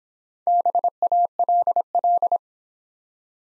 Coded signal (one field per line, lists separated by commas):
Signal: Morse code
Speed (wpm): 26 wpm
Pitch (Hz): 700 Hz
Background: none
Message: BALL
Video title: Easy Words - Speed-Racing with Hints - 20wpm